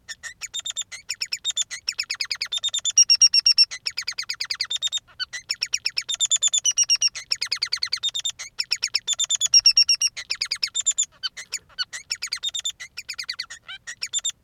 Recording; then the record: song of a male Bengalese finch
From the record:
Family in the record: son of father 3